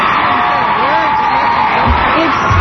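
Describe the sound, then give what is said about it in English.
A loud, steady roar of a crowd cheering as a woman accepts a merit award, with scattered whoops and rising shouts riding over the dense wash of many voices throughout. “Well, she knows how to milk the crowd.”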